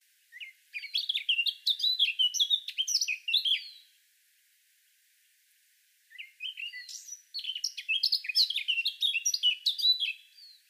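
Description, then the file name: Eurasian blackcap singing two long, fast warbling phrases of varied whistled and twittering notes, with a silent gap of about two seconds between them. "Sylvia atricapilla"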